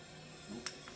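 A click-type torque wrench set to 20 ft-lb (240 in-lb) tightens a camshaft sprocket bolt on a small-block Chevy engine being swapped into a 1982 Jeep CJ7. Over a steady background hiss, a faint low tone rises around 0.5 s, then the wrench gives one sharp, bright click at 0.7 s, followed by a softer tick near 0.9 s. The wrench clicks at its setting, and all three sprocket bolts are confirmed torqued.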